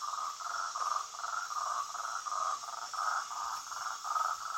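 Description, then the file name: Marty's toad repeating short grating notes at a constant mid pitch in a steady series, over steady high-pitched insect noise. "Rhinella martyi"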